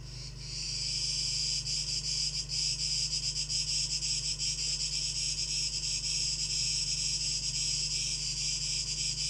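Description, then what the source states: Cicadas, a continuous high shrill buzz with a flickering, pulsing texture, steady throughout after a short quieter start, over a low constant hum. 12 August 2023; tape echo mix.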